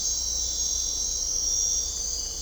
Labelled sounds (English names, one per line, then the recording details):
none
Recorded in dense forest near Puerto Asís, Putumayo, Colombia, on 16 December 2024 at 05:00
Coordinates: 0.499, -76.324
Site G045